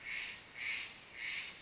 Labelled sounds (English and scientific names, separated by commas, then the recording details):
Steller's Jay (Cyanocitta stelleri)
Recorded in Sonoma County, California